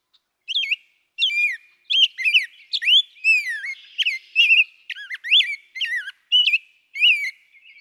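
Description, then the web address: Rose-breasted Grosbeak song: a long run of clear rising and falling whistled phrases carried on for several seconds. "birdsongforthecurious songs Rose-breasted Grosbeak"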